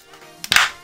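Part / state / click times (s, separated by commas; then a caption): plastic top cover side clips into drone body / seated / 0.4 s, 0.5 s. A plastic top cover is pressed down around its edge onto a DJI Spark drone body during a GPS module replacement, pushing the side clips home. Sharp plastic snaps ring out at 0.4 s and 0.5 s, followed by a brief louder burst of handling noise. The side clips snap in and the cover seats.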